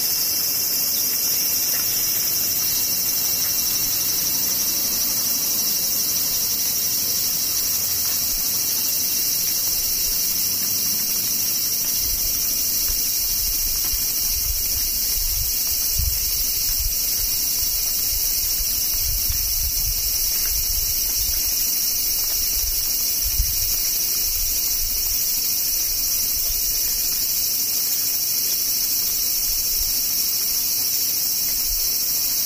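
Cicadas drone without a break, a dense, high, shimmering buzz that stays level for the whole half minute. Underneath, soft low rumbles swell and fade between about 13 and 25 seconds, like traffic or wind.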